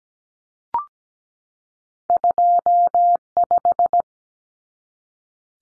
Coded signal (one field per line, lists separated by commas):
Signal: Morse code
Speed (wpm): 17 wpm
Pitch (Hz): 700 Hz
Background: none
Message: 25